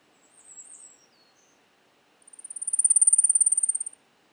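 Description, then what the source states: Blackpoll warbler song, an extremely high-pitched string of fast, evenly spaced tsit notes rising in volume then trailing off, preceded by a few faint, wavering high notes. On Mount Mansfield.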